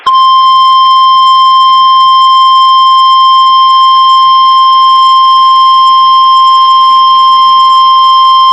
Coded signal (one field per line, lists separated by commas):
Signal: Emergency Alert System (SAME) tones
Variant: 1050 Hz attention tone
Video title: MY FIRST PDS SVR FOR ABERDEEN | 7/5/22 - PDS Severe Thunderstorm Warning on WXM25 (EAS #583)